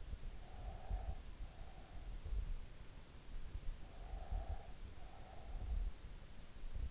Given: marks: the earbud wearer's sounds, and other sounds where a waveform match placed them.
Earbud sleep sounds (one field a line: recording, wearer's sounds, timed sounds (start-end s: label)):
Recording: sounds in sleep by an in-ear microphone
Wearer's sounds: breath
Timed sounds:
0.06-2.16 s: breath
3.69-5.79 s: breath